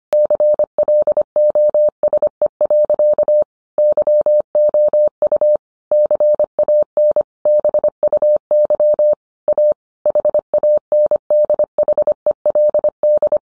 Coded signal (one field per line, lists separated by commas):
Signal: Morse code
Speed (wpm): 25 wpm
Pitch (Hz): 600 Hz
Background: none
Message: CLOSE. YOU CAN BUY A HANDHELD